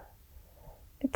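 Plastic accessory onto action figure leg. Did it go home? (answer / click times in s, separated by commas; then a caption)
no / none. A glossy black rubbery plastic accessory is pressed onto the leg of a 3.75-inch action figure; the accessory bends and springs back out instead of clicking in. A faint, quiet handling background ends in two short soft plastic taps just after 1.0 s. Nothing has clicked into place yet.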